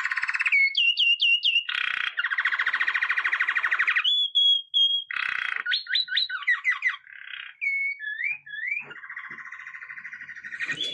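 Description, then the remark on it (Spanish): A saffron finch sings alone in loud, varied bursts: quick repeated chirps, buzzy rattling trills and sliding high whistles, separated by brief pauses. “El jilguero dorado que estamos escuchando es una de las aves más conocidas de la Argentina, a tal punto que es difícil salir al campo y no verlo.”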